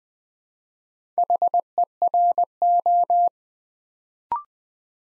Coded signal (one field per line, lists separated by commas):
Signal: Morse code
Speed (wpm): 20 wpm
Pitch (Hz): 700 Hz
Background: none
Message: HERO